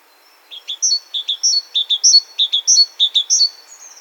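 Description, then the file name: Great tit song: bright two-part phrases of lower notes and a sharp high note, repeated about five times in a quick steady series. "Parus major"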